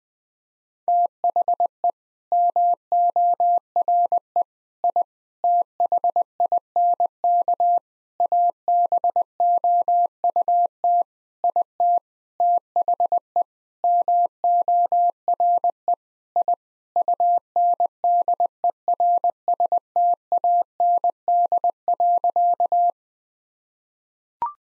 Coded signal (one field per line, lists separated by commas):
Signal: Morse code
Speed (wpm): 20 wpm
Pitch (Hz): 700 Hz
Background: none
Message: THE MORE I THINK ABOUT IT THE MORE I UNDERSTAND.